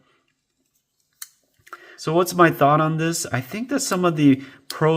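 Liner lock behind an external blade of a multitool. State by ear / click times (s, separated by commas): seated / 1.2 s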